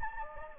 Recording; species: mosquito wingbeat signal from an infrared sensor; Anopheles gambiae